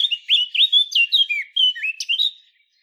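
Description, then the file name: Eurasian blackcap song, a short, loud phrase of clear, fluty whistled notes that swoop up and down, delivered quickly and fading at the end. "Sylvia atricapilla"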